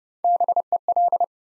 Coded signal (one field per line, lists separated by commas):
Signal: Morse code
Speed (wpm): 30 wpm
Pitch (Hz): 700 Hz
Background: none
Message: BEL